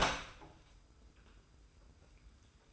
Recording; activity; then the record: daily activity, microphone in the room; open door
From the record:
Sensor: 2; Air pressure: 990.2 hPa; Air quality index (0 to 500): 179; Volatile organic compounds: 1000 ppm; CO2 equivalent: 5683 ppm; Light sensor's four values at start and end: 34/80/33/33 and 34/80/33/33